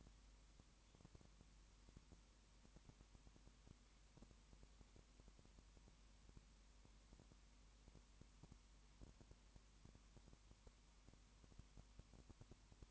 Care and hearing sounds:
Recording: daily activity, microphone in the room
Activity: no activity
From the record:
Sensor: 1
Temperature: 19.7 degrees Celsius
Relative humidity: 40.5%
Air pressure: 1010.7 hPa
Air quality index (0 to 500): 208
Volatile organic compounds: 56 ppm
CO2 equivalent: 3368 ppm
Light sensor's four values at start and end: 1/2/1/1 and 1/2/1/1

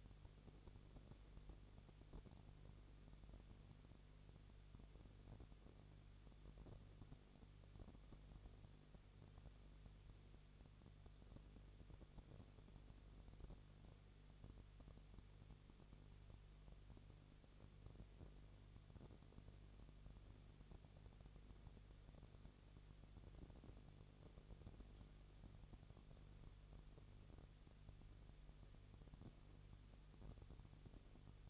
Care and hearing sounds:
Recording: daily activity, microphone in the room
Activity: no activity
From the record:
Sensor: 4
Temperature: 22.3 degrees Celsius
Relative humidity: 32.8%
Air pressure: 1002.0 hPa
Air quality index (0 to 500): 185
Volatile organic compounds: 4 ppm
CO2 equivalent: 1631 ppm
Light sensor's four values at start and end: 2/3/1/1 and 2/3/1/1

